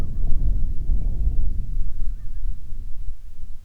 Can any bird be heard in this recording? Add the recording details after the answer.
yes. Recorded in the Prudhoe Bay oil fields, Alaska, on 25 July 2019 at 02:32. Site 11